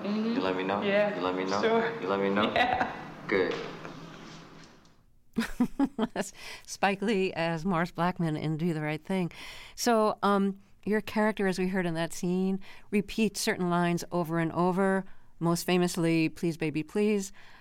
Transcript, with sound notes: You'll let me know?
Yeah.
You'll let me know?
Sure.
You'll let me know? (Laughing)
Yeah.
Good.
(Laughter) That's Spike Lee as Mars Blackmon in "Do The Right Thing." So your character, as we heard in that scene, repeats certain lines over and over - most famously, please, baby, please.